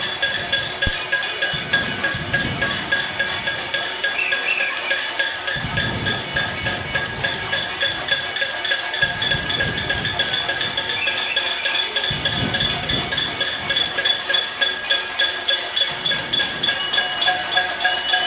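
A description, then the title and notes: People bang pots and pans from their homes in a steady, rapid metallic clatter that never lets up, many strikes overlapping into a dense, bright din. Low rumbling swells come and go every few seconds beneath the clanging, likely voices or street noise. Sagunt street, barri de Sants, Barcelona People banging pans/casseroles from their home to protest for free voting to the independency referendum in Catalunya.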